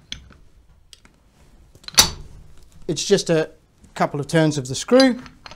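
A machined soft aluminum jaw, made for a specific job, is handled onto a CNC vise jaw carrier that is fastened with a couple of turns of the locking screw and located by a spring-loaded mechanism underneath. Faint handling ticks give way to a sharp metallic clack near 2.0 s, and then someone talks. The jaw has not snapped into place or seated yet.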